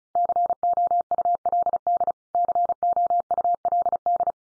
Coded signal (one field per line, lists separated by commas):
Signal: Morse code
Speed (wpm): 34 wpm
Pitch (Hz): 700 Hz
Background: none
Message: COULD COULD